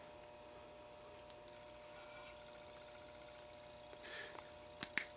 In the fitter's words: Get the C-clips on, make sure it's popped into place, rotate it around to make sure that it's on